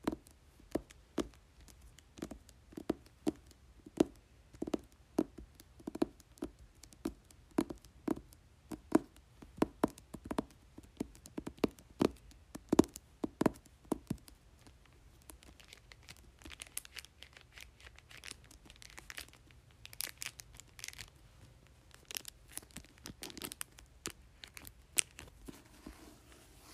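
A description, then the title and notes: Fingers tap steadily on a book cover in a quick regular rhythm for the first fifteen seconds. After that the tapping loosens and bright crinkling of the cover takes over, with scattered sharp clicks. Tapping and Crinkling Book Cover.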